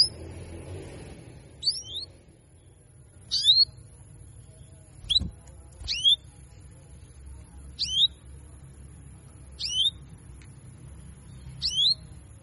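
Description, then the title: Belgian canary repeating short, high, hooked chirps at a slow, steady pace, with a single low thump midway. Female Belgian canary giving 'cuit cuit' calls, used to stimulate male canaries to sing more. "Canto Para Esquentar Canário Belga. Therapy Suara Cuit.. Cuit.. Kenari Betina Bikin Kenari Jantan Makin Gacor"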